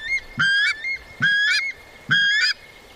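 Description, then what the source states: Weka calling, three loud harsh notes each with a low thump, spaced under a second apart, a thin steady whistle running between them. Male calling with his mouth full of food, on a regenerating farm in the Marlborough Sounds, New Zealand.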